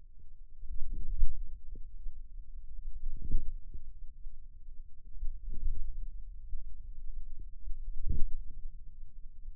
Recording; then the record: forearm muscle sounds (acoustic myography)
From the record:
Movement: hand closing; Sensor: system 2, bracelet of six BSWA MPA416 microphones around the upper forearm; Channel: 1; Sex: female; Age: 22 years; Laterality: right